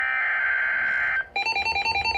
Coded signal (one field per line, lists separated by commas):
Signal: Emergency Alert System (SAME) tones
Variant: header bursts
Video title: Severe Thunderstorm Warning (EAS #396)